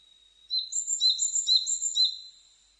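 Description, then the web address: Coal tit giving a brief phrase of about four high, squeaky double notes in quick succession. Recorded 22 June 2003. "2003 030622 higara"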